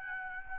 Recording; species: mosquito wingbeat signal from an infrared sensor; Aedes albopictus